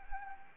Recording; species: mosquito wingbeat signal from an infrared sensor; Anopheles arabiensis